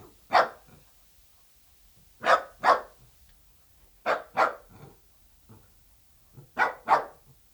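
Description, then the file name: Dachshund barks coming mostly in pairs, sharp and short, with brief silences between each pair. "Het blaffen van een teckel - Sound Cloud - Beeld en Geluid"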